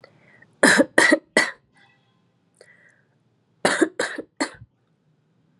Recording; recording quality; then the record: shallow voluntary cough; excellent, no background noise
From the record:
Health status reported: COVID-19 positive, mild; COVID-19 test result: positive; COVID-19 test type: RT-PCR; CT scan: not taken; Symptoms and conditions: cough, cold, sore throat, fever, fatigue, muscle pain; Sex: female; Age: 29 years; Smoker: no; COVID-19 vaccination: both doses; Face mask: not worn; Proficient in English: yes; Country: India